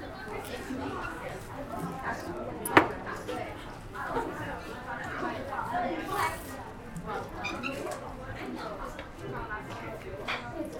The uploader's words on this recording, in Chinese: 去香饵胡同吃小面。城市声音。录音时间是2020年11月13日下午。